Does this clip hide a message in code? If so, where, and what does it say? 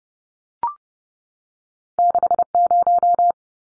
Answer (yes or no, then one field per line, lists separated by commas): yes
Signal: Morse code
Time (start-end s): 2.0-3.3 s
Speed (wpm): 30 wpm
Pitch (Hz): 700 Hz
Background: none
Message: 60